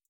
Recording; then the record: hydrophone in a shrimp aquaculture tank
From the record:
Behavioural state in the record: feeding